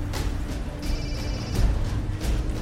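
A telephone ring tone sounds after a grey-haired man in a black car on a street dials a number: a single high, steady tone for under a second over a constant low rumble, then it fades back into the background noise.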